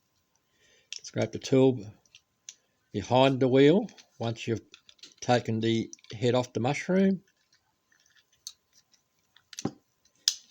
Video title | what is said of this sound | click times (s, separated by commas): Matchbox Regular Wheels 56a FIAT 1500 #Matchbox #Diecast | Hear it pop. | 10.3 s